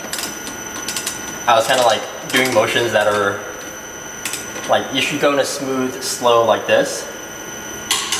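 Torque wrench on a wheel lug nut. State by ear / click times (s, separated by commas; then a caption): torque reached / 7.9 s. A click-type torque wrench tightens a wheel lug nut after new wheel spacers are fitted, pulled in a smooth, slow motion rather than jerked, while someone talks. The wrench clicks at its set torque at 7.9 s.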